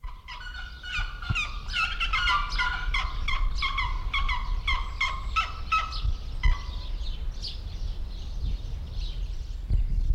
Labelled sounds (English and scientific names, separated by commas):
Pallas's Fish Eagle (Haliaeetus leucoryphus)